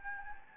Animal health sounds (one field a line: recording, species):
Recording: mosquito wingbeat signal from an infrared sensor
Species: Anopheles gambiae